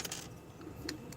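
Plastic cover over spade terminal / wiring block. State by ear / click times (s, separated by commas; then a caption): seated / 0.9 s. A plastic protective cover is pushed over a spade terminal or wiring block on a shifter controller and clicks into place at 0.9 s, seating the cover so the terminal is protected from the elements. Faint handling clicks come just before, at the start, and a lighter tick follows near 1.1 s.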